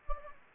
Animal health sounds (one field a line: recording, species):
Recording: mosquito wingbeat signal from an infrared sensor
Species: Anopheles gambiae